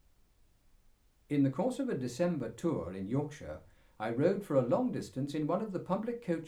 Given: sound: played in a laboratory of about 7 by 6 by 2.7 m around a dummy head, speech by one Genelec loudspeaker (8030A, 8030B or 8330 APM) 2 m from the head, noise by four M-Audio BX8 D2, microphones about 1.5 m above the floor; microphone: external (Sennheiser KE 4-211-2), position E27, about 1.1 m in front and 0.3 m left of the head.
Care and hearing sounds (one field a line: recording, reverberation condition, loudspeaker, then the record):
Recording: male speech in English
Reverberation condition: low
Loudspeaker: 60 degrees to the left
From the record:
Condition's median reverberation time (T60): about 310 ms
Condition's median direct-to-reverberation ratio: about 3.5 dB